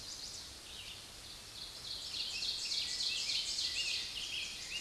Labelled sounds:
Ovenbird song
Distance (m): 40 m
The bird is about 15 m above the microphone
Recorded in a Pennsylvania forest on 16 May 2024 at 06:56
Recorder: AudioMoth, point MSD-1539
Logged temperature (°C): 16.0 °C
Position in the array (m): 137 m, 9 m

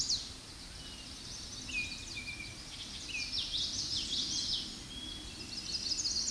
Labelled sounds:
Common Yellowthroat song
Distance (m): 25 m
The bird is about 5 m above the microphone
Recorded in a Pennsylvania forest on 16 May 2024 at 07:12
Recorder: AudioMoth, point MSD-2320
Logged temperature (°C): 12.8 °C
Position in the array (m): 232 m, 174 m

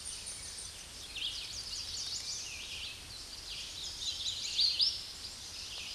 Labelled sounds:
Hooded Warbler song
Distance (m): 25 m
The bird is about 15 m above the microphone
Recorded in a Pennsylvania forest on 16 May 2024 at 08:16
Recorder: AudioMoth, point MSD-2110
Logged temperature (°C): 16.4 °C
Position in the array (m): 55 m, 173 m

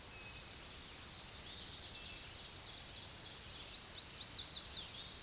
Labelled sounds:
Ovenbird song
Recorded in a Pennsylvania forest on 16 May 2024 at 06:45
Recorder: AudioMoth, point MSD-1892
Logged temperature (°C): 14.5 °C
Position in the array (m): 81 m, 27 m

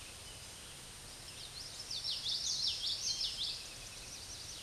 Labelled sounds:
Common Yellowthroat song
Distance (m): 25 m
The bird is about 5 m above the microphone
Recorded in a Pennsylvania forest on 16 May 2024 at 06:44
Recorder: AudioMoth, point MSD-2304
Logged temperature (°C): 16.0 °C
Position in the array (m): 231 m, 175 m

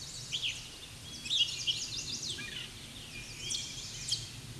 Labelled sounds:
Chestnut-sided Warbler song
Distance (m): 35 m
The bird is about 5 m above the microphone
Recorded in a Pennsylvania forest on 16 May 2024 at 07:12
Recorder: AudioMoth, point MSD-1482
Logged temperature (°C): 15.6 °C
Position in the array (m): 169 m, 166 m

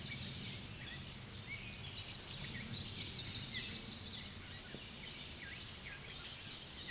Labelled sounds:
American Redstart song
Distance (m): 25 m
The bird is about 10 m above the microphone
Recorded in a Pennsylvania forest on 16 May 2024 at 07:00
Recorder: AudioMoth, point MSD-0019
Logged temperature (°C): 16.7 °C
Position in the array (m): 49 m, 231 m

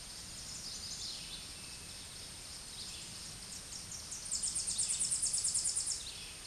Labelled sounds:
Tennessee Warbler song
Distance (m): 20 m
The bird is about 15 m above the microphone
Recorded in a Pennsylvania forest on 16 May 2024 at 08:00
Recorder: AudioMoth, point MSD-0398
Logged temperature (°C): 16.4 °C
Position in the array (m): 140 m, 98 m

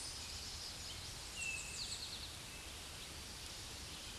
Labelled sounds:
Eastern Towhee song
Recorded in a Pennsylvania forest on 16 May 2024 at 08:26
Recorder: AudioMoth, point MSD-1893
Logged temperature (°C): 16.6 °C
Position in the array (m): 2 m, 43 m

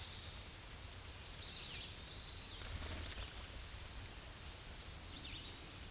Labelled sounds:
Chestnut-sided Warbler song
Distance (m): 20 m
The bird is about level with the microphone
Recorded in a Pennsylvania forest on 16 May 2024 at 07:59
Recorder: AudioMoth, point MSD-0665
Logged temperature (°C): 16.1 °C
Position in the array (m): 80 m, 71 m

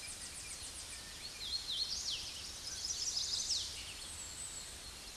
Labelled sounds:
Hooded Warbler song
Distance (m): 35 m
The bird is about 20 m above the microphone
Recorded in a Pennsylvania forest on 16 May 2024 at 08:30
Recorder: AudioMoth, point MSD-0438
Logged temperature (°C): 14.5 °C
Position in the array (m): 126 m, 80 m

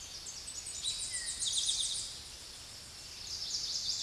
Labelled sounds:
Eastern Towhee song
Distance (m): 30 m
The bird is about 5 m above the microphone
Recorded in a Pennsylvania forest on 16 May 2024 at 06:06
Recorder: AudioMoth, point MSD-0788
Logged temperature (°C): 16.6 °C
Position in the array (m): 106 m, 7 m

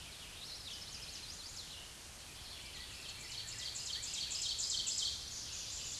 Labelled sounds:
Ovenbird song
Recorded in a Pennsylvania forest on 16 May 2024 at 07:33
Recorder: AudioMoth, point MSD-2376
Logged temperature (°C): 16.7 °C
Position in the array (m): 168 m, -23 m

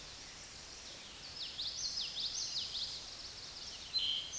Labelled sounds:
Common Yellowthroat song
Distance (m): 30 m
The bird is about 10 m above the microphone
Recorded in a Pennsylvania forest on 16 May 2024 at 09:08
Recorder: AudioMoth, point MSD-2304
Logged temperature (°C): 16.0 °C
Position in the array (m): 225 m, 186 m

